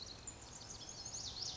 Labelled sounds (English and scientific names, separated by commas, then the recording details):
Pacific Wren (Troglodytes pacificus)
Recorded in Sonoma County, California